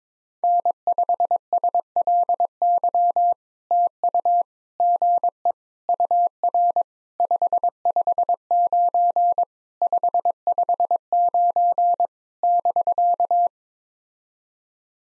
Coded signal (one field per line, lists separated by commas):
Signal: Morse code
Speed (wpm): 22 wpm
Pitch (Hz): 700 Hz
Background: none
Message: N5SLY TU GE UR 559 559 <BK>